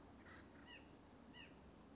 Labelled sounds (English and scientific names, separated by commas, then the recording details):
White-breasted Nuthatch (Sitta carolinensis)
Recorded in Sonoma County, California